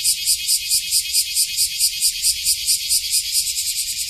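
Cicada song: a loud, high buzz pulsing rhythmically in quick swells throughout.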